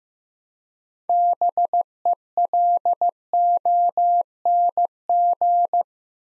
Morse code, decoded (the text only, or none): BELONG